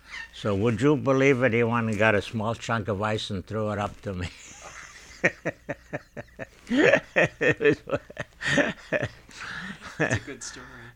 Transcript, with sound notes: So would you believe it, he went and got a small chunk of ice and threw it up to me. ( he laughs )
That's a good story,